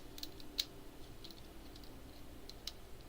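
A plastic building brick is pressed onto a plastic brick starship model and pops into place with a sharp click at 0.6 s, the fit confirmed as good. Fainter ticks and clicks from handling come before and after over a low, steady background.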